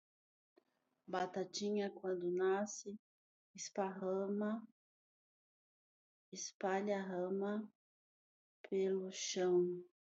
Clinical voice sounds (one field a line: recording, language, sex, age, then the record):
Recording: short text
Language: Brazilian Portuguese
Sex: female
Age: 50 to 59 years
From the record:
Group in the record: control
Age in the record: 50 years